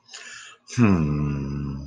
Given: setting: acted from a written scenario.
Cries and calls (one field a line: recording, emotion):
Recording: vocal sound without words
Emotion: sympathy